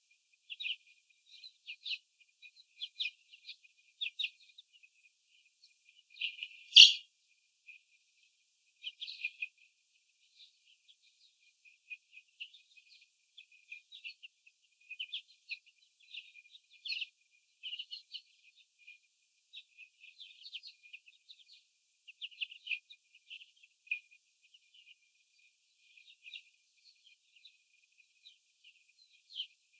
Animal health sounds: young laying hens in a cage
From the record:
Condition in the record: after the stressor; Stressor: sudden umbrella opening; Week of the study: 3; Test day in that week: 2

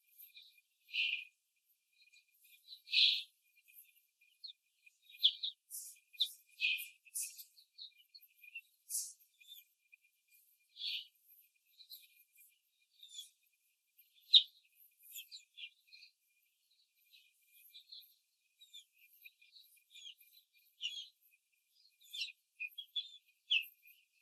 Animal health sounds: young laying hens in a cage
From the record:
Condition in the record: control cage, before the stress test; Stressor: none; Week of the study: 4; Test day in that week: 1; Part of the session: 2

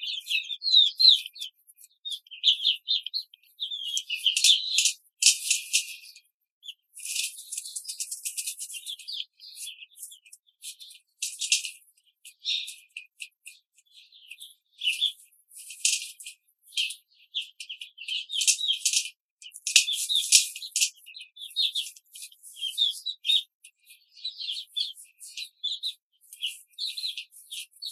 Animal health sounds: young laying hens in a cage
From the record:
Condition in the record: control cage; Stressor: none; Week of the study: 5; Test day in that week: 1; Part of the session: 3

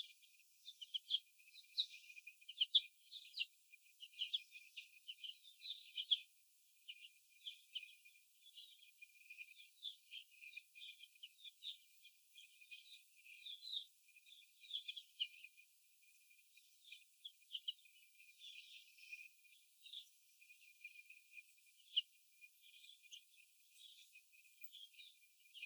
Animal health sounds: young laying hens in a cage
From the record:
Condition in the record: after the stressor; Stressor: sudden umbrella opening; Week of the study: 2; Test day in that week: 1

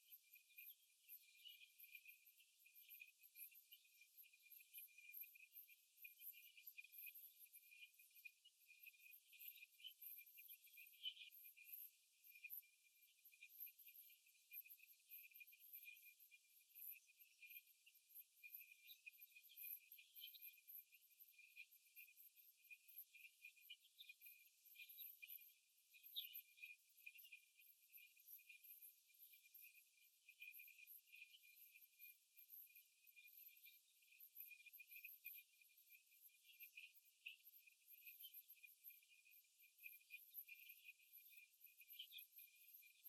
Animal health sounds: young laying hens in a cage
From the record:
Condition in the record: after the stressor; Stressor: simulated dog barking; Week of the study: 1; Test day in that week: 2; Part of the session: 3

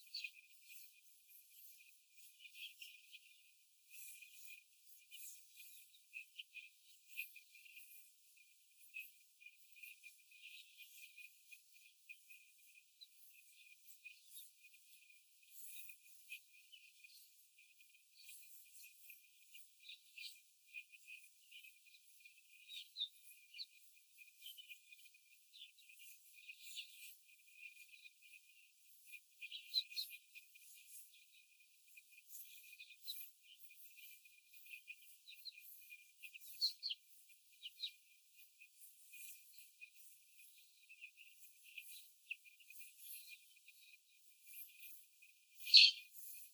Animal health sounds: young laying hens in a cage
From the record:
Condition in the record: after the stressor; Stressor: simulated dog barking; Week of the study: 4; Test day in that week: 1

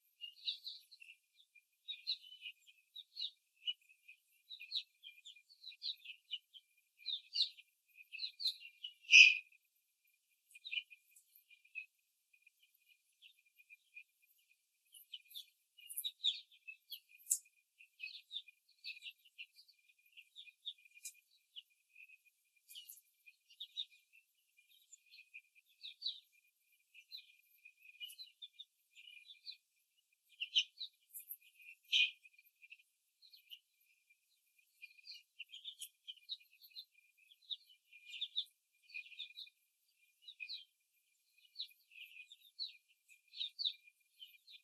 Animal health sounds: young laying hens in a cage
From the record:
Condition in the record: before the stressor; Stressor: simulated dog barking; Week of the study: 3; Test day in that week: 2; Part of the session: 4

